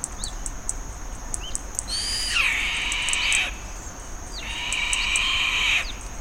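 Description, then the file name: Bird calls twice with drawn-out, grating screeches that start slightly higher and level off, with a thin steady high tone and soft clicks behind. "SABIOD 50 bird 2015"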